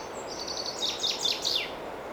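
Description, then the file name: Common chaffinch song: a rapid series of high notes leading into four louder downward-sweeping notes and a closing flourish, over hiss. "Fringilla coelebs"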